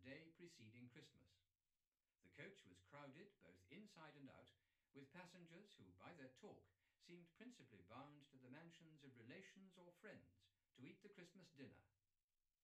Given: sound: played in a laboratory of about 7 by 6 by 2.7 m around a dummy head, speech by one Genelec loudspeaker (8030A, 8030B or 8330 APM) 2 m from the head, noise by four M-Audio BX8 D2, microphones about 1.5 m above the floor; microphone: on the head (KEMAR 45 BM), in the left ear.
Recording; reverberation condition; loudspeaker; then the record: male speech in English; low; 150 degrees to the right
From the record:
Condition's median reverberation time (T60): about 310 ms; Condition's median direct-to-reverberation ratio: about 3.5 dB